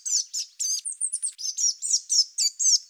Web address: Parus montanus